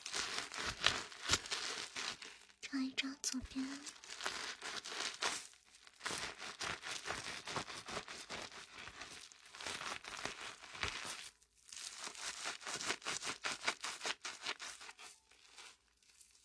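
Foam fizzes and crackles, a dense stream of tiny bright pops that thins and swells in waves, nearly pausing around six and eleven seconds. Early on, a brief low hum sounds between about two and four seconds.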